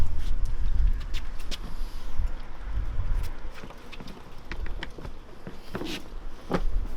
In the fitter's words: Just pops into place.